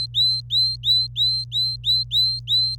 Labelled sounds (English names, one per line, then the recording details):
Domestic Canary song
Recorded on 26 April 2018 at 06:28
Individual llb3